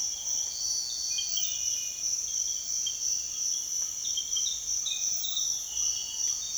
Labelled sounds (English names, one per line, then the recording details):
none
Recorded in secondary vegetation near Puerto Asís, Putumayo, Colombia, on 22 June 2025 at 05:30
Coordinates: 0.485, -76.322
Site GP06